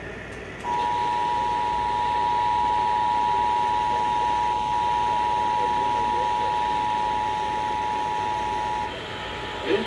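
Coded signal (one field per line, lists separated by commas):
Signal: Emergency Alert System (SAME) tones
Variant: 853 and 960 Hz attention tone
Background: speech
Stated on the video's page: EAS alert received on six stations.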